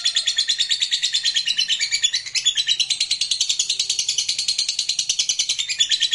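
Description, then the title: Lovebird chattering song, dense and buzzy, made of quick repeated high notes running continuously with slight pitch shifts. Meant to stimulate a lazy, quiet lovebird so that it eagerly and spontaneously starts singing in the sustained 'narik' style. "LOVEBIRD Malas Bunyi JADI GREGET SPONTAN Langsung NARIK"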